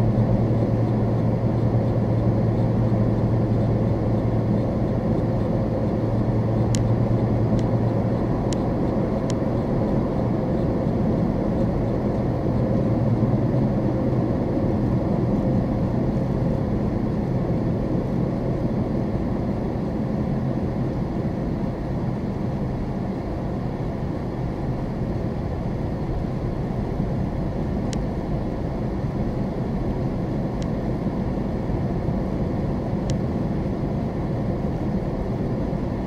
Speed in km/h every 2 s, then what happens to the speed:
66, 66, 64, 66, 66, 68, 66, 60, 52, 48, 40, 34, 34, 35, 39, 42, 45, 44.
0-11 steady at about 66. 11-22 slows to 34. 22-36 speeds up to 44.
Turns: none.